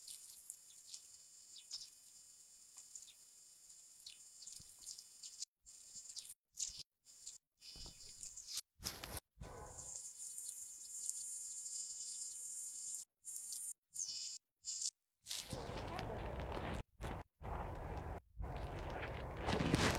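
Birdsong on the north bank of the Sha River: brief high chirps over a steady, thin insect-like whine. The sound repeatedly cuts to silence for short moments, and after about fifteen seconds a loud, rough rushing noise covers everything.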